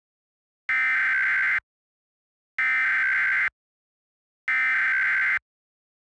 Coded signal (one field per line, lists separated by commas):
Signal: Emergency Alert System (SAME) tones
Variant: header bursts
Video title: EAS Scenario: Mars Collision